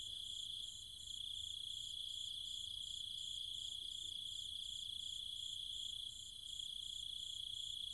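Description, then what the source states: Cicadas among a chorus of insects, high sustained shrilling with fast evenly pulsed buzzing above it, easing slightly twice before resuming. Cicadas and other insects calling at night in trees and fields in countryside near Chiang Mai, Thailand.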